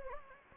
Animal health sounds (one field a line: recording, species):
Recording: mosquito wingbeat signal from an infrared sensor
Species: Anopheles gambiae